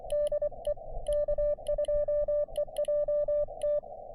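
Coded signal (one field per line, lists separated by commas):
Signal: Morse code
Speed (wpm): 24 wpm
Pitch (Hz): 590 Hz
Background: none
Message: DE K2EJT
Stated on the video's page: Quick Parks on the Air activation from a state forest fire tower, with bands in good shape.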